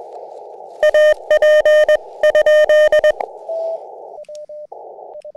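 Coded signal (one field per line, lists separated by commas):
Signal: Morse code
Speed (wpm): 21 wpm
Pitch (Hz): 1850 Hz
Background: radio noise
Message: AP?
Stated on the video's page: CW during a SOTA summit activation, the first of Black Bull Peak near Luna, New Mexico.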